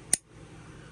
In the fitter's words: snaps in place and then you're all set